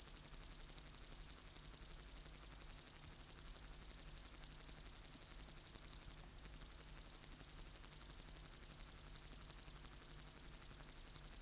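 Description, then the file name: Upland green bush-cricket singing a steady, high, buzzy trill of quick regular pulses, with one short break just past six seconds. "Tettigonia cantans"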